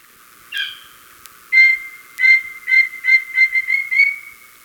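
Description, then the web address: Chestnut-naped antpitta giving a series of short whistled notes that speed up toward the end, over a sustained high tone, after one harsh opening note. Recorded in Ecuador. "Natures Songs S America Birds of Ecuador Chestnut-Naped Antpitta"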